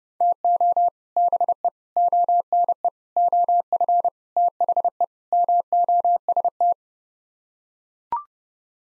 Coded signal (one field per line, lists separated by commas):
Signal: Morse code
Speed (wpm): 32 wpm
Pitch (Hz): 700 Hz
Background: none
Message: TO BE ONE OF THE MOST